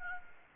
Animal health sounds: mosquito wingbeat signal from an infrared sensor; Anopheles arabiensis

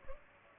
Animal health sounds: mosquito wingbeat signal from an infrared sensor; Culex pipiens

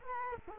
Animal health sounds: mosquito wingbeat signal from an infrared sensor; Culex quinquefasciatus

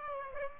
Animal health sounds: mosquito wingbeat signal from an infrared sensor; Aedes aegypti

